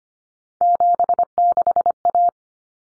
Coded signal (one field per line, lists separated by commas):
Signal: Morse code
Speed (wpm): 25 wpm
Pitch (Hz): 700 Hz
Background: none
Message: 76A